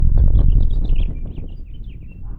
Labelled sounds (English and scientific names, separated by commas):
House Finch (Haemorhous mexicanus) song